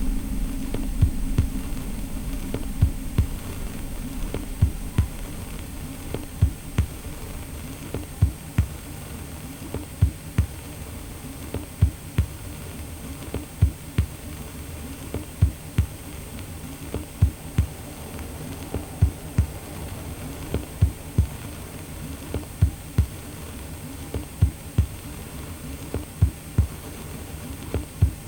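A deep, steady bass drone from a heating system fills the low end, with a faint high whine running throughout. Sharp clicks and crackles like vinyl noise pop out irregularly, roughly every second, over a soft hiss that never changes.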